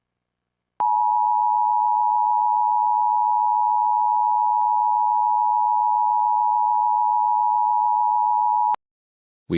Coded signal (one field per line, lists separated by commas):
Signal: Emergency Alert System (SAME) tones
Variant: 853 and 960 Hz attention tone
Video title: EAS Mock: If WBAP Does A Destructive Severe Thunderstorm Warning (EAS Texas’s Birthday Special￼)